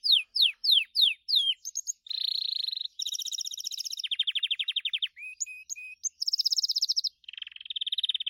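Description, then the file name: Gloster canary song with sweeping repeated notes leading into long buzzy trills and rattling rolls that change pitch from one tour to the next. "canto do canario gloster"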